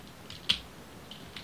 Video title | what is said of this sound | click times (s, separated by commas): RAVAGE Transformers Revenge Of The FALLEN - Review with Rob Vegas | and they click into place so that's a winner now | 0.5 s